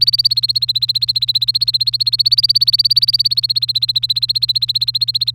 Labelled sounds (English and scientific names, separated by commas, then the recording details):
Domestic Canary (Serinus canaria) song
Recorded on 3 May 2018 at 14:11
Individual llb3